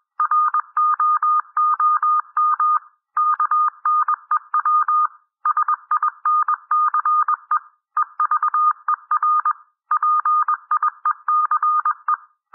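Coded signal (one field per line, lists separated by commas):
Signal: Morse code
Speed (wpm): 21 wpm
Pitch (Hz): 1220 Hz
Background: none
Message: ROOM KNEW SINCE EVER PIECE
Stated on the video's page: Morse reading practice at 18 to 21 wpm.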